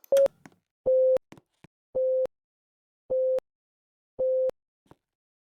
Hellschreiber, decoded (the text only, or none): none